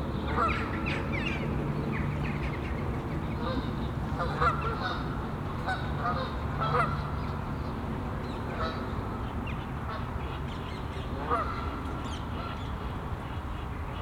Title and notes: Plantentuin, Meise, Belgique - Oies - Geese. Meise, jardin botanique. Des oies sur l'étang du chateau de Bouchout. Meise botanical garden. Geese on the pond of the castle Bouchout